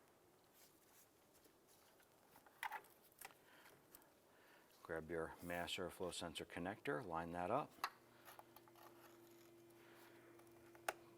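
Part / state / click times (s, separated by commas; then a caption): mass air flow sensor electrical connector onto the sensor / seated / 10.9 s. Someone talks while lining up the plastic electrical connector of the mass air flow sensor on a 2011–2019 Ford Fiesta intake, with small handling taps and rustles around it. The connector is then pressed onto the sensor and seats with one sharp click at 10.9 s.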